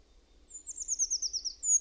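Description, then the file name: Eurasian treecreeper song, one thin, high-pitched descending run of rapid notes, followed by a single high note at the end. "PUUKIIPIJA"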